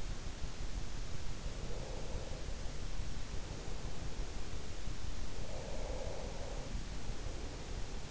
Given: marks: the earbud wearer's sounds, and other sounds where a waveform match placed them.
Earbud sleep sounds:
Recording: sounds in sleep by an in-ear microphone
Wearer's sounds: breath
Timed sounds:
1.39-4.39 s: breath
5.33-8.11 s: breath

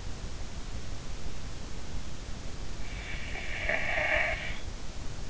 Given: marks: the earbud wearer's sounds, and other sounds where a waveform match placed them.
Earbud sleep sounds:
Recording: sounds in sleep by an in-ear microphone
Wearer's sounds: snoring breath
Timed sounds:
2.94-4.50 s: snoring breath

